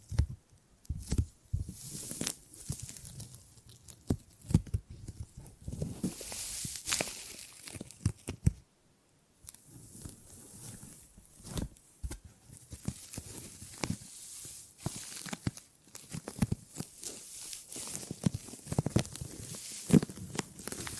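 Tingly gripping and grabbing sounds: quick, irregular bursts of crinkly, tearing-like rustle with soft low thumps, sometimes clustered rapidly, sometimes spaced out. The texture is bright and scratchy on top. A brief near-silent gap falls around the nine-second mark.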